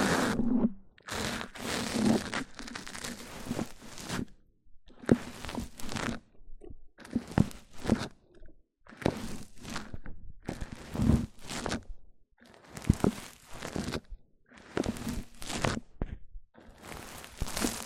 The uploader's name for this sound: MIC ON MIC Triggers